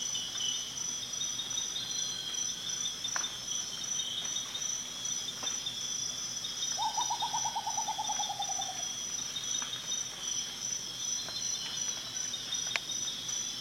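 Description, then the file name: Rufous potoo singing one quick series of many soft hoots, gently descending, lasting around two seconds amid steady high-pitched insect buzzing and a few clicks. "Canto do urutau ferrugem"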